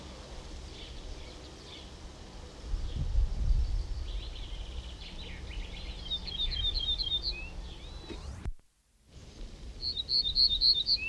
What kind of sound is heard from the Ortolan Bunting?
song